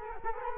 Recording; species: mosquito wingbeat signal from an infrared sensor; Culex quinquefasciatus